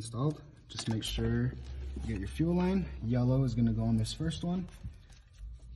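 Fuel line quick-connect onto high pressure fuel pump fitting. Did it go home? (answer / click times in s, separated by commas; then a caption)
no / none. Someone talks while handling a fuel line quick-connector to push it onto the first port fitting of a high-pressure fuel pump on a Mazdaspeed, with the yellow line going on that first port. Only speech is heard, with no distinct click. Nothing has seated or clicked yet.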